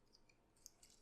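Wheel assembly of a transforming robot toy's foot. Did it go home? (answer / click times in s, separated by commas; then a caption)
no / none. On the second foot of a transforming robot toy, the plastic wheels of the foot's wheel assembly are handled and folded down toward their locked position. Only a few faint, brief high-pitched ticks are heard around 0.2, 0.7 and 0.8 seconds over a quiet background. The clip ends before the wheels reach place, and nothing has seated or clicked yet.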